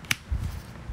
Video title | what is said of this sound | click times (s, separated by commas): iPhone 5 高規手機殼 Elementcase black ops sector 5 ronin bamboo catalyst survior air jacket lifeproof | 夹住手机，然后锁住，然后手机就这样扣上去。 | 0.1 s